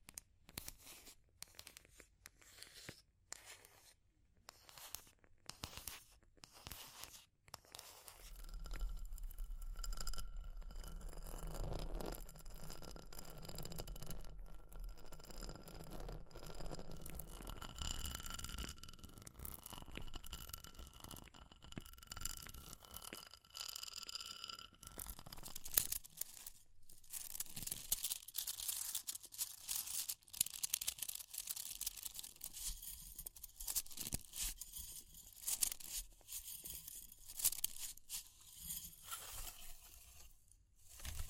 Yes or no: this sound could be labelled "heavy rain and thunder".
no